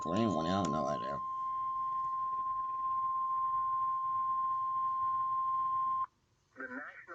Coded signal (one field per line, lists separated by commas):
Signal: Emergency Alert System (SAME) tones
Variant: 1050 Hz attention tone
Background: speech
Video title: noaa weather radio TX AL LA GA FL SC NC AR OK